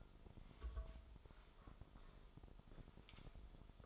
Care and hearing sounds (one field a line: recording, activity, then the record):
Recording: daily activity, microphone in the room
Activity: take from stove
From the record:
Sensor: 5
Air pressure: 988.4 hPa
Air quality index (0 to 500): 205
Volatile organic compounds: 85 ppm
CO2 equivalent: 3647 ppm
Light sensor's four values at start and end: 48/142/56/61 and 50/145/57/63